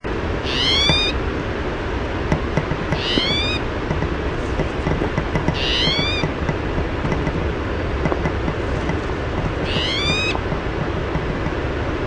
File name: SPTO mew